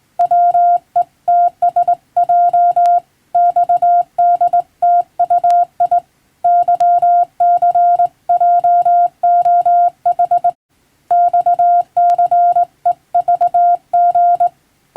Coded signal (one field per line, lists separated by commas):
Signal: Morse code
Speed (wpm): 20 wpm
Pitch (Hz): 700 Hz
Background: none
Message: WETSJ XDTUI YCJOH XCEVG